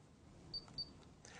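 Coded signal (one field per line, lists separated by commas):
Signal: beep code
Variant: Rain Bird ROAM receiver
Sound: two short high-pitched beeps close together, followed by a brief rustling noise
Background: room noise, handling rustle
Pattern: 2 short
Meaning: The receiver heard the command and is turning the station on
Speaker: hold down the green button and get four uh get the two beeps this time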